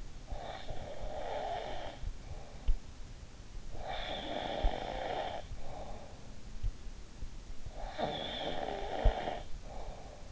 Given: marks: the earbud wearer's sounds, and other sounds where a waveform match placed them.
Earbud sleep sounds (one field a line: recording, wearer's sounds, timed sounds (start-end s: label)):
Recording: sounds in sleep by an in-ear microphone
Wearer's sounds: snoring breath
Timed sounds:
0.00-3.08 s: snoring breath
3.63-6.46 s: snoring breath
7.56-10.32 s: snoring breath